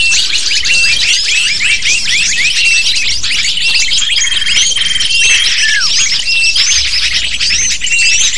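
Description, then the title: Lovebird flock calls, a dense, constant chatter of shrill squeaky chirps and short downslurred notes, with a few thin steady whistled tones running through. Calls used as a lure to attract lovebirds. "PIKAT BURUNG LOVEBIRD"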